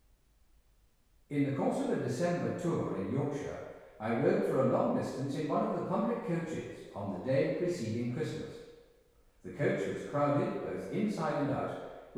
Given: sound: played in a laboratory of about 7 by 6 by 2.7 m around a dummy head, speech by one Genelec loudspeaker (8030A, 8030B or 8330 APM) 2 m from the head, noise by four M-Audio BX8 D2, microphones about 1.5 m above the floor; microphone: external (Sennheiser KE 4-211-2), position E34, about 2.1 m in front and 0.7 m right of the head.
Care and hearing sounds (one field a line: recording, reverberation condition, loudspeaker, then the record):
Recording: male speech in English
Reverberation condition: high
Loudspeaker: 30 degrees to the left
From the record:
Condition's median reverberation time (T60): about 1300 ms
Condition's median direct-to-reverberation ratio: about -4.0 dB